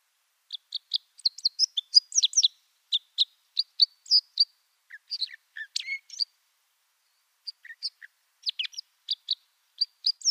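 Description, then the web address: Common crossbill song: a rambling series of short high chirps in bursts, with brief pauses between them. "Schulze Peter Common Crossbill song"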